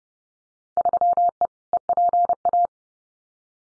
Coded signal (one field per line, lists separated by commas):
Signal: Morse code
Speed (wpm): 30 wpm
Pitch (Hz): 700 Hz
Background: none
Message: 3E EPA